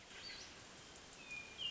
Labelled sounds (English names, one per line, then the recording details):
Hermit Thrush
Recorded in Sonoma County, California